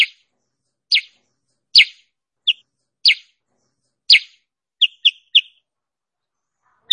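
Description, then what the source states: Sooty-headed bulbul giving short, clear whistled notes at irregular intervals, separated by silent gaps. Masteran lure song used for trapping or tutoring cage birds.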